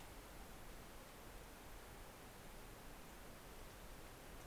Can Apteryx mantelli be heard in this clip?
no